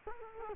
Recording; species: mosquito wingbeat signal from an infrared sensor; Culex quinquefasciatus